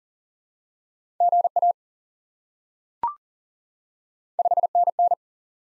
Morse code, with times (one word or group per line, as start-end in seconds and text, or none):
1.2-1.7 GA
4.4-5.1 5NN